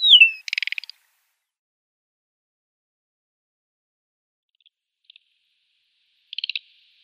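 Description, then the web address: Desert wheatear song: one falling whistle followed at once by a short scratchy rattle, then quiet with faint ticks, and a second brief buzzy rattle near the end. "Schulze Peter Desert Wheatear song"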